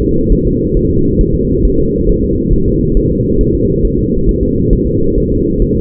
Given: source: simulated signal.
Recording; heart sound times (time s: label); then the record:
fetal heart sounds
0.02 s: S2
0.32 s: S1
0.47 s: S2
0.77 s: S1
0.91 s: S2
1.21 s: S1
1.35 s: S2
1.65 s: S1
1.80 s: S2
2.09 s: S1
2.24 s: S2
2.53 s: S1
2.68 s: S2
2.97 s: S1
3.11 s: S2
3.41 s: S1
3.55 s: S2
3.85 s: S1
3.99 s: S2
4.29 s: S1
4.43 s: S2
4.73 s: S1
4.87 s: S2
5.17 s: S1
5.32 s: S2
5.62 s: S1
5.77 s: S2
From the record:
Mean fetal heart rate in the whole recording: 135 bpm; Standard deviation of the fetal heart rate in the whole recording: 3 bpm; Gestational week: 36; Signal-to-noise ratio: -15.3 dB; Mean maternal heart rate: 72 bpm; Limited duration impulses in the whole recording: present